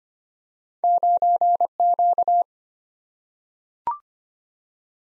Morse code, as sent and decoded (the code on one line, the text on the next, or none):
----. --.-
9Q